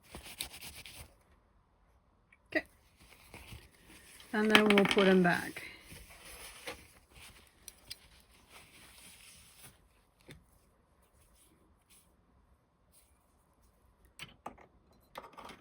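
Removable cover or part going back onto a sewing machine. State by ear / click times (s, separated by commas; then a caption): not seated / none. A removable cover or part is being put back onto a Singer sewing machine after cleaning and oiling, with short handling taps and clicks as someone talks. Nothing has seated or clicked into place yet by the end.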